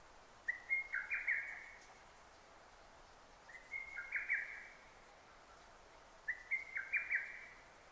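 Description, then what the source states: Lesser cuckoo giving three staccato whistled phrases spaced about three seconds apart over a soft background hiss. Recorded 6 June 2009.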